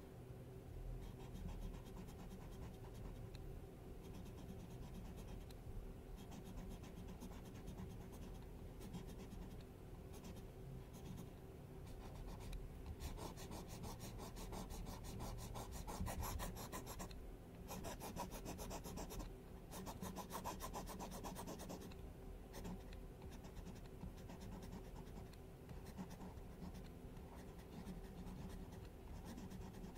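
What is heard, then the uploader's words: Dry scratching and tracing strokes run steadily throughout, like a pen or nail dragged across a textured surface. The strokes come in dense, fast bursts, growing brighter and crisper around the middle, over a constant low hum. ASMR DRAWING ON YOUR FACE WHILE YOU SLEEP, SCRATCHING, ASMR TRACING AND DRAWING ON YOUR FACE.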